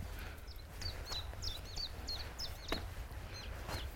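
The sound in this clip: Sedge warbler song: a run of short, high, down-slurred notes repeated about three times a second, with low rumbling background noise throughout.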